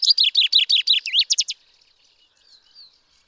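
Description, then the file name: Common chaffinch song: one loud, rapid trill of repeated notes that speeds into a terminal flourish, followed by faint bird notes. "Fringilla coelebs"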